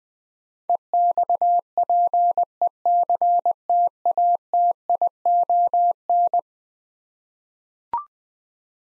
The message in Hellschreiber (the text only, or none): none